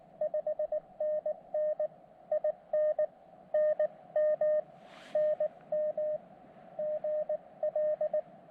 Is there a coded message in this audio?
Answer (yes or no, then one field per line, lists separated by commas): yes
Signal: Morse code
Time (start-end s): 0.2-8.2 s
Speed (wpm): 19 wpm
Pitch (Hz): 610 Hz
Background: none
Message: 5NN IN NM NM GL